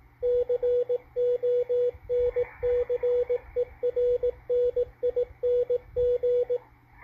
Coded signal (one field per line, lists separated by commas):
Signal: Morse code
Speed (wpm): 18 wpm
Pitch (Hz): 490 Hz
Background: radio noise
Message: CONCERNING